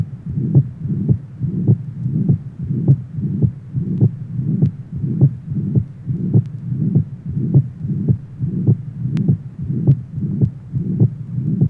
Coarctation of the aorta, left sternal border area.